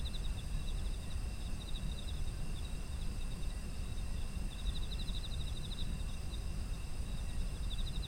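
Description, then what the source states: Insects keep up high pulsed trills over continuous thin ringing tones with a constant low-pitched rumble beneath. Ambient sound of insects in autumn.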